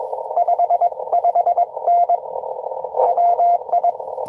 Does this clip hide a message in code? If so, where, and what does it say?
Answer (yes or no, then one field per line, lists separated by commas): yes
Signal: Morse code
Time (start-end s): 0.4-3.9 s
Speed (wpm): 21 wpm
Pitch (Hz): 690 Hz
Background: radio noise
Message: 55N WI